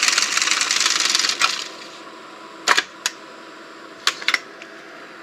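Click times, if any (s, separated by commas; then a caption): none. A National NV-5130 EIAJ-2 cartridge VTR unloads and rewinds its tape so the leader returns into the EIAJ cartridge, with a steady mechanical whirr for about the first 1.5 seconds that fades into quiet. Several sharp mechanical clicks follow around 2.7, 3.1, 4.1 and 4.3 seconds. Because a guide roller is missing, the tape leader fails to clip onto the cartridge spool, and nothing has seated or clicked into place.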